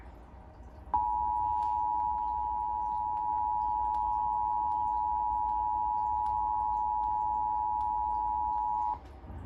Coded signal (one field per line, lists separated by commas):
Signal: Emergency Alert System (SAME) tones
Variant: 853 and 960 Hz attention tone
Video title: New Jersey Required Monthly Test on WDPN-TV 2 (February 15, 2022) (EAS #357)